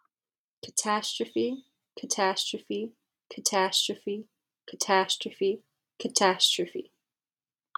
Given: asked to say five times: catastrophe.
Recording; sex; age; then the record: repeated word; female; 20 to 29 years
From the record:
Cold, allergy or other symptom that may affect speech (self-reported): no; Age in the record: 24 years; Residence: New Jersey, United States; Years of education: 16